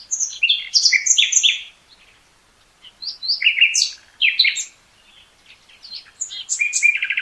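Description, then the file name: Common nightingale song: three dense bursts of high whistles and scratchy chatters separated by short pauses, the last ending in a rapid trill. "Luscinia megarhynchos"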